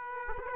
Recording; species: mosquito wingbeat signal from an infrared sensor; Aedes aegypti